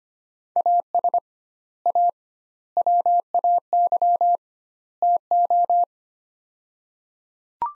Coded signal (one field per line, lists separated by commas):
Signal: Morse code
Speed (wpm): 25 wpm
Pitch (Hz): 700 Hz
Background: none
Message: AS A WAY TO